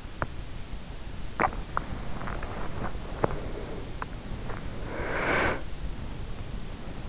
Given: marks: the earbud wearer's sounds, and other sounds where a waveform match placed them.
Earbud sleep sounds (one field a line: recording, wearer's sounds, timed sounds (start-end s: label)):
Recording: sounds in sleep by an in-ear microphone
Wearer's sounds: teeth grinding, body movement, breath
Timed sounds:
0.00-2.02 s: teeth grinding
1.59-4.62 s: body movement
4.62-6.07 s: breath